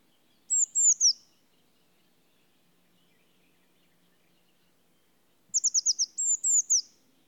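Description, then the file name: Eurasian blue tit giving a trio of high, thin downslurred notes, and later a rapid series of sharp high notes followed by more downslurred ones. "Cyanistes caeruleus"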